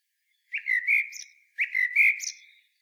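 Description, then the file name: Common blackbird singing two similar phrases in a row, each a swooping low whistle followed by a scratchy high twitter. "Turdus merula"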